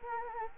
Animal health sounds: mosquito wingbeat signal from an infrared sensor; Anopheles gambiae

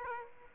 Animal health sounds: mosquito wingbeat signal from an infrared sensor; Aedes aegypti

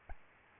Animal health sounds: mosquito wingbeat signal from an infrared sensor; Aedes albopictus

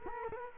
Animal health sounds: mosquito wingbeat signal from an infrared sensor; Culex quinquefasciatus

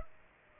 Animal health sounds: mosquito wingbeat signal from an infrared sensor; Aedes aegypti

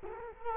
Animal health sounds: mosquito wingbeat signal from an infrared sensor; Culex quinquefasciatus

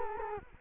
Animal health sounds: mosquito wingbeat signal from an infrared sensor; Culex quinquefasciatus

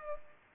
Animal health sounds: mosquito wingbeat signal from an infrared sensor; Culex pipiens

